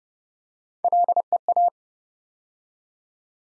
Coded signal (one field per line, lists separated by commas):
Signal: Morse code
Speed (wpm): 28 wpm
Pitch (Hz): 700 Hz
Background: none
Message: LEA